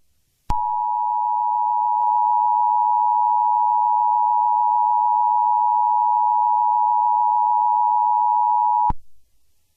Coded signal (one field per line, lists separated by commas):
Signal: Emergency Alert System (SAME) tones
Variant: 853 and 960 Hz attention tone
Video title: Nuclear Attack 2 (EAS Scenario)